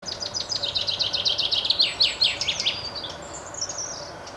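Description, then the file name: Common chaffinch song: a cascade of quick sharp notes descending to a final flourish, followed by a softer high phrase and light background noise. "Buchfink"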